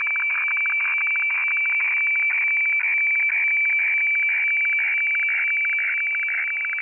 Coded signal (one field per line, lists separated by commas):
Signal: weather fax (radiofax)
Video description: Weather FAX transmission from Hamburg, Germany, received using Aispy HF+, Gqrx SDR v2.9 pre, and Fldigi 4.0.11 - The fun begins around 1:25